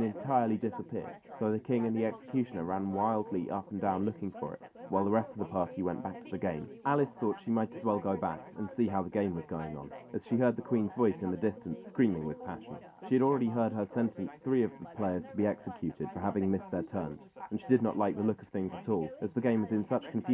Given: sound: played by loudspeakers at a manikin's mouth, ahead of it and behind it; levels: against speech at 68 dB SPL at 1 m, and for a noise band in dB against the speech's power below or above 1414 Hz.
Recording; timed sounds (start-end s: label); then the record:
test signals for a remote microphone
0.00-20.34 s: man speaking, babble ahead at +6 dB SNR for speech at 1 m
From the record:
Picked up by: measurement microphone